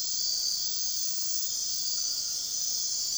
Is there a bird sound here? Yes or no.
no